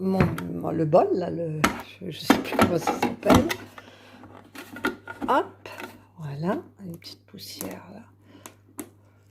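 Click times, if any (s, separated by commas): 8.8 s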